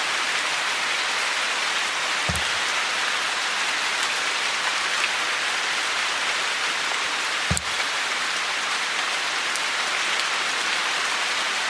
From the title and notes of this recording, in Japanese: 雨漏り。梅雨の6月。とりあえずその辺にあるお皿で水滴受け、お皿がいっぱいになったら他のお皿に変え。